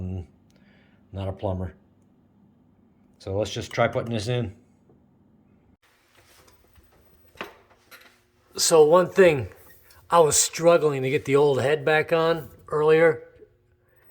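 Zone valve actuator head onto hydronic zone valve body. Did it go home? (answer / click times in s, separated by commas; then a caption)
yes / 7.4 s. A new replacement TACO actuator head is pushed onto a hot-water heating zone valve body and snaps into place with a sharp click at 7.4 s, while someone talks before and after. The new head seats flush without wiggling, unlike the old head, which would not go back on and wobbled because it sat cockeyed and interfered with the valve stem.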